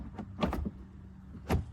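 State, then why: Seated. The cargo net of a Mercedes-Benz S213 E400 4matic estate is extended all the way up, and its top bar is pushed into the ceiling mount in the roof lining. Faint knocks are followed by two sharp clicks at 0.4 s and 0.5 s as the bar locks in place, then a louder thud near 1.5 s. Someone talks.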